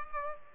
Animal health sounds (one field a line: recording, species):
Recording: mosquito wingbeat signal from an infrared sensor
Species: Aedes aegypti